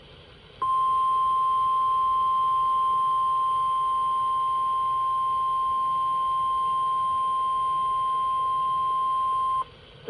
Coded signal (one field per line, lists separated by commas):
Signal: Emergency Alert System (SAME) tones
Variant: 1050 Hz attention tone